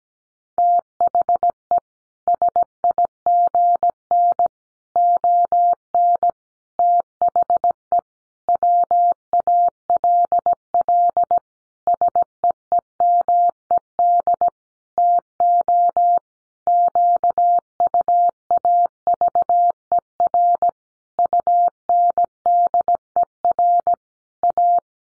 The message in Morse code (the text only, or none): THE SIGN ON THE WALL SEEMED TO QUAVER UNDER A